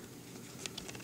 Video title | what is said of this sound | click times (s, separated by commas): Masters of the Universe Classics Flutterina Video Review | which I haven't heard yet | none